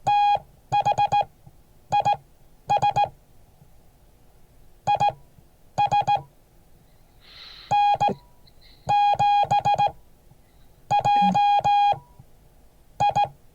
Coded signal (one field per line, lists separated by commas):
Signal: Morse code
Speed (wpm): 18 wpm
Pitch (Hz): 820 Hz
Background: none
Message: THIS IS N7JI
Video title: Morse code class 2023-01-09